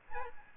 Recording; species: mosquito wingbeat signal from an infrared sensor; Aedes albopictus